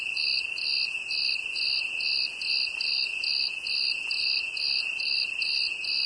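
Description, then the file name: Cricket chirping, with short bright pulses at roughly two to three per second over a continuous shrill buzz. "grillon"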